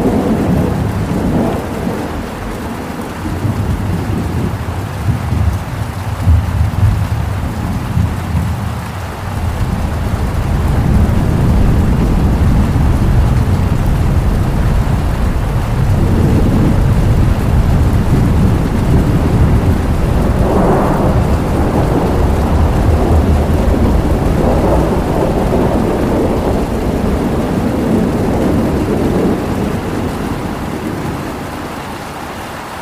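Thunder rolls low and long through a steady rainstorm, with deep rumbles building around ten seconds and swelling again near twenty. Beneath it a constant wash of rain and rushing water holds at an even, dense level throughout the clip.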